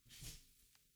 Dog sneezes.